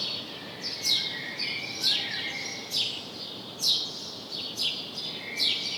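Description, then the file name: House sparrow chirping: six clipped chirps about a second apart, over soft hiss. "Passer domesticus"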